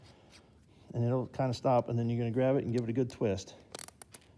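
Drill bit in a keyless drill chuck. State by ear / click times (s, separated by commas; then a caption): seated / 3.8 s, 3.9 s, 4.0 s, 4.2 s. A drill bit is tightened into a keyless drill chuck: after the black collar is hand-tightened, it gets a firm extra twist. Someone talks first, then the chuck's ratchet gives a series of short clicks at 3.8, 3.9, 4.0 and 4.2 seconds as it locks. The bit is seated and held tight.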